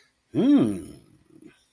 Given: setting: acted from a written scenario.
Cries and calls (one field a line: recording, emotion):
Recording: vocal sound without words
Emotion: elation